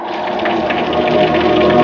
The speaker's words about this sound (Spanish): Solo se oye el viento y la lluvia.